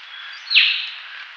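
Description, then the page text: Sri Lanka myna with a single rasping note, briefly falling in pitch before a buzzy tail, set against constant hiss. "Sri Lanka Myna Calls Sound Effect. Quick Sounds"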